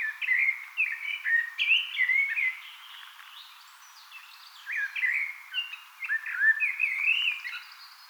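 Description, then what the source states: Eurasian blackbird singing: varied whistled phrases mixed with short twittering bursts, with a brief quieter pause midway. Singing on 18 April 2025.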